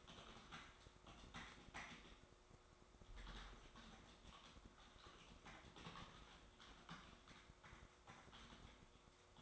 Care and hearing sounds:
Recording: daily activity, microphone in the room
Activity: typing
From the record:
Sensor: 3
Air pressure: 1004.4 hPa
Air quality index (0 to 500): 196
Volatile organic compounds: 14 ppm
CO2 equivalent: 2455 ppm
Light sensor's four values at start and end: 6/16/5/6 and 6/16/5/6

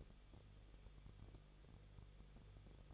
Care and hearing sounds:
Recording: daily activity, microphone in the room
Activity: no activity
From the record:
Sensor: 4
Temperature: 23.1 degrees Celsius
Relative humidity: 34.0%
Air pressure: 1007.2 hPa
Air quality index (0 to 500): 216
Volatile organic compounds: 15 ppm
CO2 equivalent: 2499 ppm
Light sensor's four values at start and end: 2/3/1/1 and 2/3/1/1

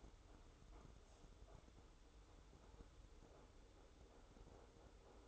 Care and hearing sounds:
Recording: daily activity, microphone in the room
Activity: make coffee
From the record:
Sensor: 3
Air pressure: 995.0 hPa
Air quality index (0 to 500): 75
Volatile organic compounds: 5 ppm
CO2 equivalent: 1741 ppm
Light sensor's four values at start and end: 17/51/22/19 and 17/51/22/19

